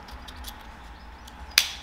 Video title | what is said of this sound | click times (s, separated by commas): VW GOLF 3 SCHIEBEDACHSCHALTER (2) ZERLEGEN TUTORIAL / ANLEITUNG | wir hörenens klicken probieren | 1.6 s